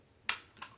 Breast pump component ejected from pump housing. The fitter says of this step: push that button and it pops back up